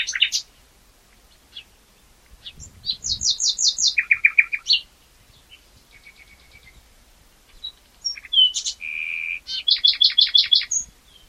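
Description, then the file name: Common nightingale song: bursts of rapidly repeated notes, a rattling trill, a soft repeated phrase, then a steady buzzy note and another fast repeated series. "Luscinia megarhynchos"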